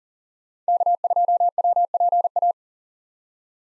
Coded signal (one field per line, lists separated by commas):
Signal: Morse code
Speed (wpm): 40 wpm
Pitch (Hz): 700 Hz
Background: none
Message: K2WPA